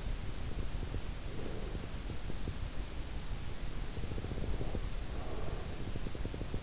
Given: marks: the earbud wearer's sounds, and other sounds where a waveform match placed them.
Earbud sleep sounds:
sounds in sleep by an in-ear microphone; breath
0.38-2.50 s: breath
3.92-6.63 s: breath

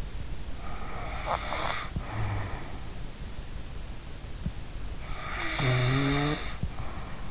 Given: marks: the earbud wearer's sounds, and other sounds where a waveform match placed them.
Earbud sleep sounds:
sounds in sleep by an in-ear microphone; snoring breath
0.45-2.96 s: snoring breath
4.82-7.31 s: snoring breath

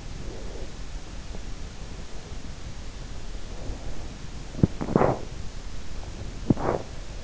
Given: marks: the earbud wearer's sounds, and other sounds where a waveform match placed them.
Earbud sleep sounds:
sounds in sleep by an in-ear microphone; breath, teeth grinding
0.00-1.05 s: breath
3.36-4.27 s: breath
4.27-5.40 s: teeth grinding
6.18-7.13 s: teeth grinding

